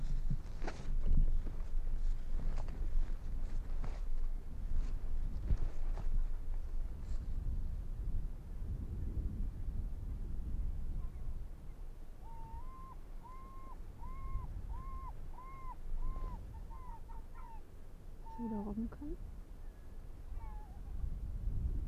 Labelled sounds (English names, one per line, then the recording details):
Arctic Fox
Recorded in the wild
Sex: diverse
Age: adult
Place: Insel Mednyi, Kommandeur-Inseln, RU
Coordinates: 54.5167, 168.083
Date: 1999-08-21
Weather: 11°C, leicht bewölkt, leichter Westwind, sehr gute
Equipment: Sony WM-D6C, Sennheiser ME 80, K 30 AV, Windkorb, Kopie Tascam DA 30
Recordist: Jakupi, Antje